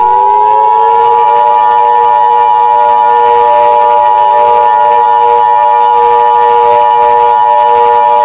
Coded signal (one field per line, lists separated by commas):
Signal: Emergency Alert System (SAME) tones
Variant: 853 and 960 Hz attention tone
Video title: EAS Scenario: The Roblox Slender Outbreak (Labor Day Special)